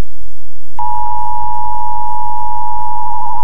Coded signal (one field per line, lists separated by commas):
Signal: Emergency Alert System (SAME) tones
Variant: 853 and 960 Hz attention tone